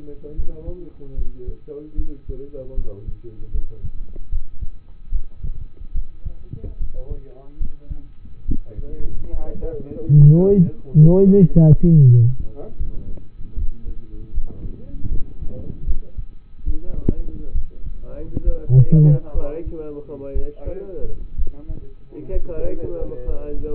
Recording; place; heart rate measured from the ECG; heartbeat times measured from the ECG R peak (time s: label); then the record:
heart sounds by stethoscope; between the tricuspid and mitral areas; 71 bpm
0.35 s: heartbeat
1.15 s: heartbeat
1.96 s: heartbeat
2.75 s: heartbeat
3.51 s: heartbeat
4.29 s: heartbeat
5.10 s: heartbeat
5.93 s: heartbeat
6.78 s: heartbeat
7.58 s: heartbeat
8.46 s: heartbeat
9.30 s: heartbeat
10.16 s: heartbeat
11.03 s: heartbeat
11.91 s: heartbeat
12.76 s: heartbeat
13.56 s: heartbeat
14.31 s: heartbeat
15.09 s: heartbeat
15.85 s: heartbeat
16.64 s: heartbeat
17.53 s: heartbeat
18.42 s: heartbeat
19.33 s: heartbeat
20.33 s: heartbeat
21.36 s: heartbeat
22.30 s: heartbeat
23.25 s: heartbeat
From the record:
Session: rest, lying down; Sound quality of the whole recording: partially saturated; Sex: male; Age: 27 years